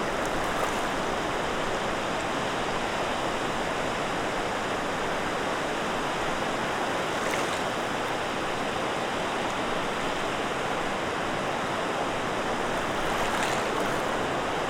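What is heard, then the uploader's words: Waves wash against the shore in a constant, dense roar with no clear gaps between breakers. The level stays even throughout, with a faint lift in hiss near seven and thirteen seconds, and a thin steady high whine runs underneath. Waves Crashing at Fisherman's Island State Park in Charlevoix, Michigan. Fisherman’s Island State Park has over 6 miles of unspoiled and beautiful Lake Michigan shoreline. For the soundscape recording, I selected an area of the shoreline with lots of breaks from submerged rocks to take advantage of the blustery weather.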